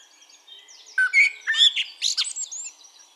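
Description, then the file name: Eurasian blackbird song: a rich warbled phrase of slurred whistles that climbs into squeaky high chirps, with quiet twittering before and after. "Turdus merula"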